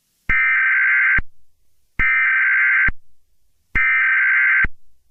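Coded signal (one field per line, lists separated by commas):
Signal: Emergency Alert System (SAME) tones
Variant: header bursts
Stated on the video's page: Fictional alert scenario containing some valid tones, mixed with sirens and sound effects.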